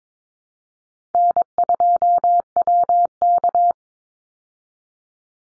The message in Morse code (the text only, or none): N2WK